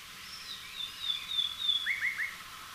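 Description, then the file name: Common nightingale song fragment: high thin whistled notes stepping lower, then three quick lower slurred notes. "Luscinia megarhynchos"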